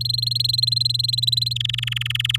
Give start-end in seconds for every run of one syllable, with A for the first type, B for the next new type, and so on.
0.01-1.53 A, 1.56-2.37 B